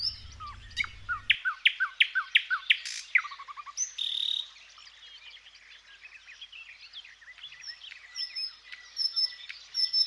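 Thrush nightingale song: a rapid run of loud, sharp repeated strokes for about three seconds, a short buzzy note, then softer varied twittering; low hum at the start.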